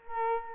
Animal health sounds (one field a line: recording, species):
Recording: mosquito wingbeat signal from an infrared sensor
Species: Culex quinquefasciatus